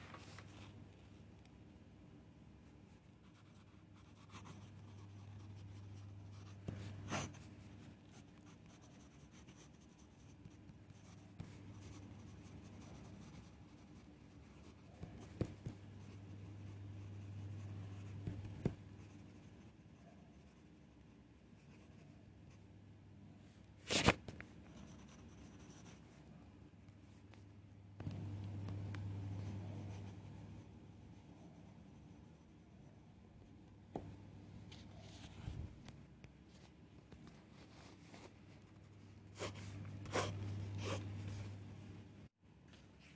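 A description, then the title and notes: Soft scribbling comes in repeated bursts of low scratching every few seconds, broken by sharp clicks or page flicks near 7, 24 and 40 seconds. This is a 45 minutes study session with scribbling and page turning ASMR.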